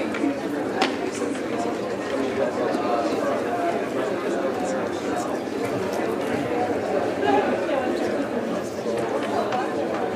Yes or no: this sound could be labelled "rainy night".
no